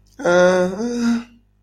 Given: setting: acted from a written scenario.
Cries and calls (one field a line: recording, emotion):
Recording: vocal sound without words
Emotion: neutral